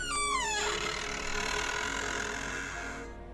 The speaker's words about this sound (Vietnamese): Dẹp mọi suy nghĩ sang một bên, bà Liên cố lấy hết can đảm để mở cửa ra. Tiếng kèn két vang lên rùng rợn.